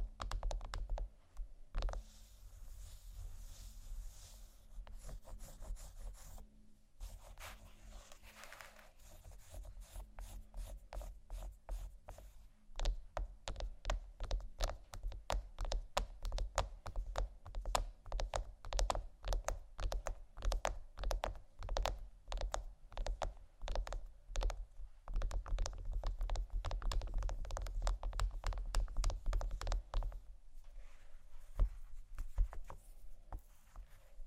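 Scratching and tapping on chocolate. A rough scraping texture fills the first several seconds, then dense, rapid clicks and taps take over from about 12 seconds, growing fuller and steadier toward the end, with brief pauses near 7 and 25 seconds.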